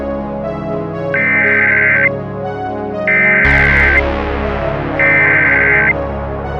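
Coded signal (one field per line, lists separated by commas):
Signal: Emergency Alert System (SAME) tones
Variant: header bursts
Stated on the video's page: Fictional EAS scenario.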